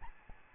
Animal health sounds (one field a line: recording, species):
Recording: mosquito wingbeat signal from an infrared sensor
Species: Aedes albopictus